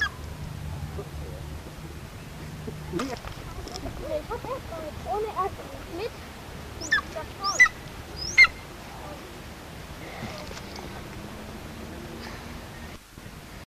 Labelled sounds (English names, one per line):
Golden Eagle call